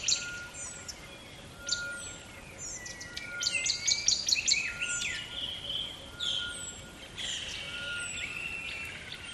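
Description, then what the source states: Bird giving bright chirps and whistles in scattered bursts, with a fainter steady tone, against constant background hiss. Close bird at dawn by a river in the bush.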